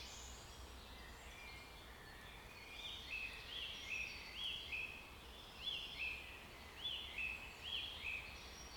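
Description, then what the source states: Bird song: a short whistled phrase with rising-then-falling notes, repeated about once a second, with softer bird notes behind it. Forest setting.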